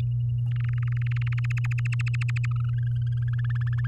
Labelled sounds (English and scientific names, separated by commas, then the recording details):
Domestic Canary (Serinus canaria) song
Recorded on 8 May 2018 at 16:03
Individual llb16